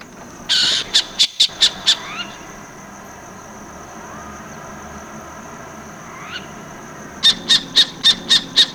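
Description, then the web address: Burrowing owl making a rasp followed by quick bursts of short, clicking chatter notes, a pause with faint rising whistles, then another rapid chatter series. Recorded in Ecuador. "Birds of Ecuador. Burrowing Owl"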